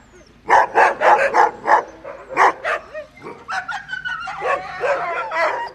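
Dog barking in a quick run of sharp barks, followed by higher, tonal yelps and whines.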